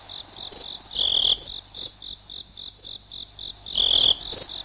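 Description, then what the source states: Cricket chirping, slowed down: high, steady trains of throbbing pulses with louder bursts about every three seconds. Slowed recording.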